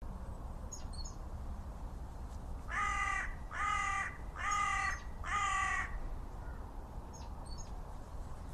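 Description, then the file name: Carrion crow calling four harsh, hoarse caws in a row, each about half a second, evenly spaced, over low rumbling background noise with a few faint chirps. "Corvus corone"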